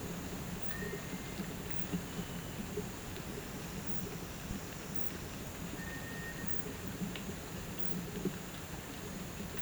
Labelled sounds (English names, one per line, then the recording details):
none
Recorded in pastures near Puerto Asís, Putumayo, Colombia, on 12 March 2025 at 07:00
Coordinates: 0.472, -76.329
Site G074